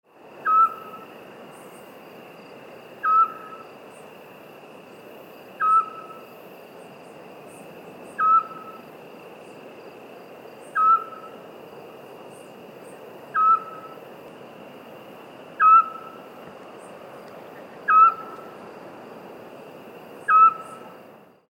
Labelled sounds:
Eurasian Scops Owl (Otus scops)
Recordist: Frommolt, Karl-Heinz
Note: Rufe

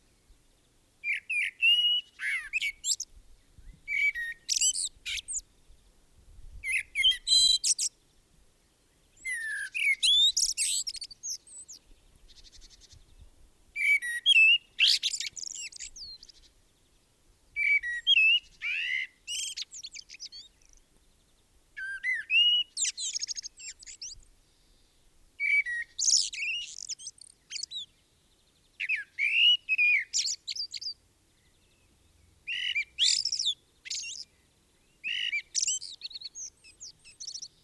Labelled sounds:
Common Blackbird (Turdus merula) song
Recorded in the wild
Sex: male
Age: adult
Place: Garmisch-Partenkirchen, Bayern, DE
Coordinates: 47.4864, 11.08
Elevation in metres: 703
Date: 1967-03-26
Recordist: Tretzel, Erwin

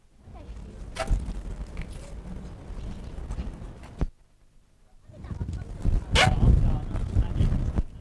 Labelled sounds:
Asian Elephant (Elephas maximus) begging call
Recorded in captivity
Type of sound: begging call
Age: adult
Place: Zoo Berlin, Berlin, DE
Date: 1959-01-21 15:00
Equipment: Reporter (Vollspur)
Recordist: Tembrock, Günter
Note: Zweimal Laut beim Futterbetteln (Hochwerfen des Rüssels bis zur Horizontalen (Abstand ca. 2 m)

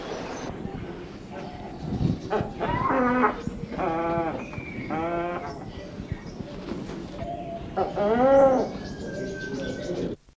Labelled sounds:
Wreathed Hornbill (Rhyticeros undulatus) call
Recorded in captivity
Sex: pair
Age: adult
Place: Vogelpark Walsrode, Niedersachsen, DE
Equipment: Halbspur, 9,5 cm/s
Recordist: Lütgens, Hans

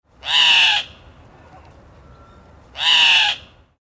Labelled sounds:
Guianan Cock-of-the-rock (Rupicola rupicola)
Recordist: Tembrock, Günter
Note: Langlaut

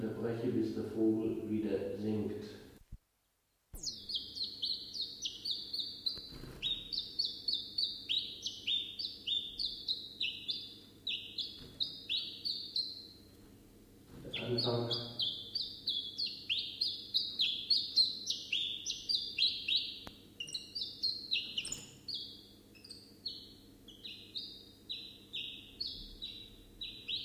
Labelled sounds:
Common Chiffchaff (Phylloscopus collybita)
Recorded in captivity
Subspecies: collybita
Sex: male
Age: adult
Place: Zoologisches Institut Universität Tübingen, Baden-Württemberg, DE
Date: 1965-05-15 12:30
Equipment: Nagra III PH, kleiner englischer Parabolspiegel, LGS26
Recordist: Schneider, Hans-Joachim
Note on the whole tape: In einem separaten Raum: Männchen blau/grün - blau/rot. Auch Aufnahmen vom 17. Mai 1965 6.50 Uhr: Männchen blau/grün - gelb/rot, geschlüpft am 15.05.1964 auf der Lichtenberger Höhe. MaAs: E.B

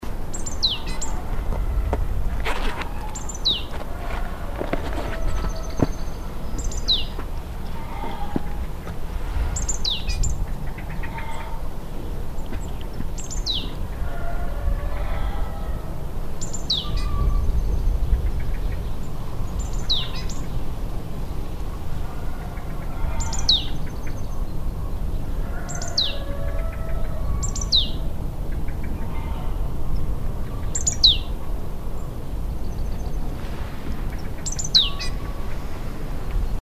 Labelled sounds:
Great Tit (Parus major) call
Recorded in the wild
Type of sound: call
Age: adult
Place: Kremmen, Kremmener Luch, Brandenburg, DE
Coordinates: 52.7494, 13.0642
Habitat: hedgerow
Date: 2013-03-16
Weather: sunny, almost windless, -10°C
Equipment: Sound Devices 702, Sennheiser MKH 70, Rycote Windschutz
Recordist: Frommolt, Karl-Heinz
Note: Kremmen OT Amalienfelde: Rufe einer Kohlmeise

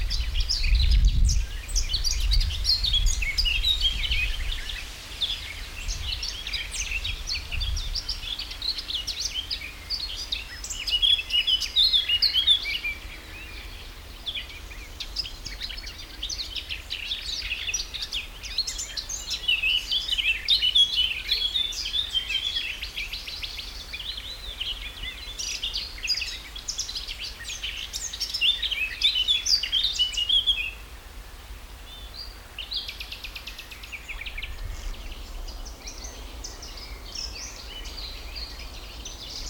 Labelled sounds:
Eurasian Blackcap (Sylvia atricapilla)
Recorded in the wild
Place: Karower Teiche, Naturpark Barnim, Berlin, DE
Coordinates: 52.62, 13.46
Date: 1996-05-19 13:00
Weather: heiter, 24°C
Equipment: Sony MD-WM MZ-R3, Sennheiser MKH 416 T, Kopie Uher 4000 Report Monitor
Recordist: Tembrock, Günter

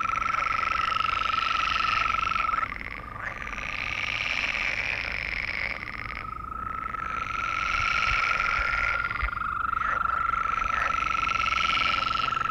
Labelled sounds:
Green Toad (Bufo viridis) call
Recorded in the wild
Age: adult
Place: Malchower Aue, Berlin, DE
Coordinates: 52.5817, 13.4869
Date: 1990-05-20 22:15
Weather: Temperatur: Luft - 8,5°C, Wasser - 17,5°C
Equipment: Uher 4400 Report Monitor, Sennheiser MKH 416 T
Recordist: Frommolt, Karl-Heinz

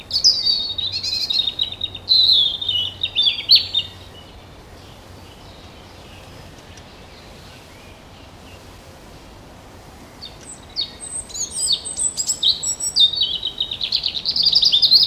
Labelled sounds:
European Robin (Erithacus rubecula) song
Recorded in the wild
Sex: male
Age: adult
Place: Mühlenbecker Wald, Brandenburg, DE
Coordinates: 52.6925, 13.3617
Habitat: forest
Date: 1988-06-04 12:41
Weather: overcast, 18-20°C, wind
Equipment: Nagra SN, Kopie Tesla B 116
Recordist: Tembrock, Günter

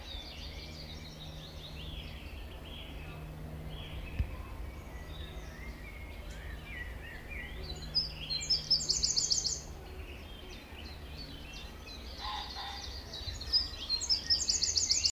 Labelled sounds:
Common Pheasant (Phasianus colchicus) call
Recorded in the wild
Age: adult
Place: Lübars (Fließtal), Berlin, DE
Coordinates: 52.6167, 13.35
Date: 1998-05-23 18:18
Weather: wolkig, 15°C
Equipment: Sony MD-WM MZ-R3, Sennheiser MKH 416 T, Kopie Uher 4000 Report Monitor
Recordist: Tembrock, Günter

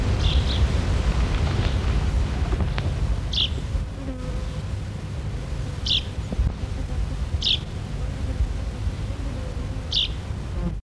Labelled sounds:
Common Chaffinch (Fringilla coelebs) call
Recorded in captivity
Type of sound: call
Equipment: Halbspur, 9,5 cm/s
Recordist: Lütgens, Hans
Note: Flügge Junge

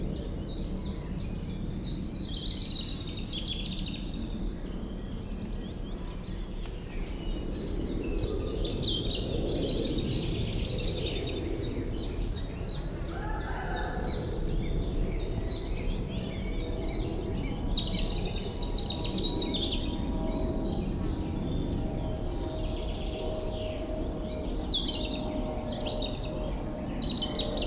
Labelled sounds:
European Robin (Erithacus rubecula)
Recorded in the wild
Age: adult
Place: Schildow, NSG, Kalktuffgelände am Tegeler Fließ (NSG Schildow), Berlin, DE
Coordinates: 52.642, 13.37
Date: 1992-06-21
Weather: sonnig, 19-26 °C
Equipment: Marantz CP 430, Sennheiser ME 80, Kopie Tesla B 116
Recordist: Tembrock, Günter

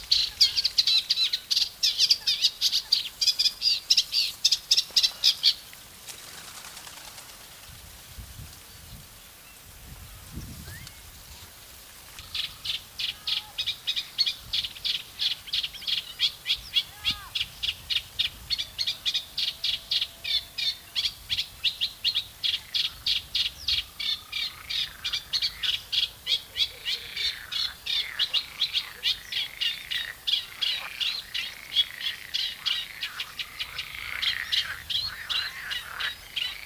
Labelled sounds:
Eurasian Reed Warbler (Acrocephalus scirpaceus) song
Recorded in the wild
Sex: male
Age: adult
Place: Berlin, OT Blankenfelde, Berlin, DE
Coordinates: 52.6375, 13.4131
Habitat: gravel-pit lake
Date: 1983-06-04 17:38
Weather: sunny, 24°C
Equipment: Nagra SN, Kopie Uher 4000 Monitor Report
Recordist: Tembrock, Günter

